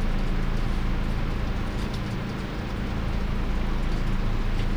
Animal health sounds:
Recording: poultry house recording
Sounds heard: no chicken sound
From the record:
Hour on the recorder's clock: 0

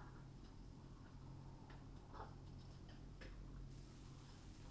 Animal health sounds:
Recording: poultry house recording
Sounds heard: healthy chickens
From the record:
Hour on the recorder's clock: 21

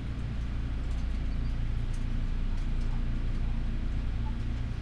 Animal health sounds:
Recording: poultry house recording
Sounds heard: healthy chickens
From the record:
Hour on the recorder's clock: 12

